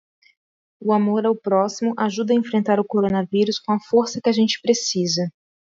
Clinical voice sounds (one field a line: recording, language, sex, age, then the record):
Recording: spoken sentence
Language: Brazilian Portuguese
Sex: female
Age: 30 to 39 years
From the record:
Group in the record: control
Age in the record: 37 years